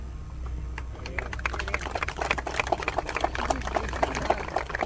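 Applause closing Nora Cortiñas's speech at the march (ronda) of the Madres de Plaza de Mayo, Línea Fundadora: a steady, dense patter of many hands clapping at moderate loudness, continuing for about five seconds without anyone talking over it.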